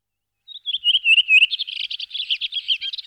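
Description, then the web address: Redwing song: after a short silence, a fluty whistled phrase slurs downward, then breaks into a fast, scratchy twittering chatter that continues to the end. "singvoegel. gesang. roche 2004 rotdrossel"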